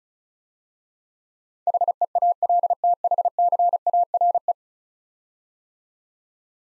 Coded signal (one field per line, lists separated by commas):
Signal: Morse code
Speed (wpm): 36 wpm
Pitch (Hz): 700 Hz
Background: none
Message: HEALTHCARE